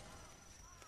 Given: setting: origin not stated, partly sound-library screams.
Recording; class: one-second piece from a danger detection set; normal situation